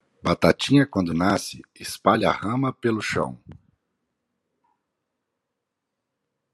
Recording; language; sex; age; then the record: short text; Brazilian Portuguese; male; 60 to 69 years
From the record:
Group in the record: control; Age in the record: 60 years